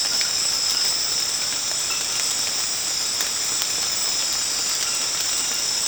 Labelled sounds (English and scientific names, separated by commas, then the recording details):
none
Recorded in secondary vegetation near Puerto Asís, Putumayo, Colombia, on 19 March 2025 at 23:00
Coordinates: 0.485, -76.322
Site G040